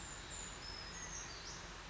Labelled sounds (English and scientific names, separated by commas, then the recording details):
Brown Creeper (Certhia americana)
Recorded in Sonoma County, California